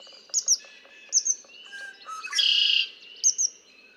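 Red-winged blackbird song: short notes lead into a harsh buzzing trill near the middle, with paired high chirps before and after.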